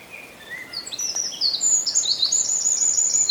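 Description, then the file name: Eurasian wren song fragment: fast, very high trills and sharp chattering notes that build in loudness over a few seconds, with faint hiss behind. "Troglodytes troglodytes"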